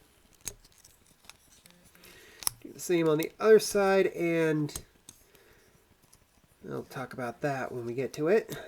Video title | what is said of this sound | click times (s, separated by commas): Transformers Retro Mindwipe review | pulled out the fists and they just click into place do | 2.5 s